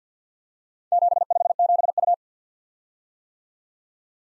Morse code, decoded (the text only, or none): 757U